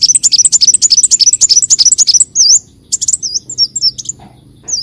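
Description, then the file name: Leafbird song: a rapid run of high, sharp chirps, then spaced, looping whistled notes with short pauses between them. "Tieng chim xanh tim"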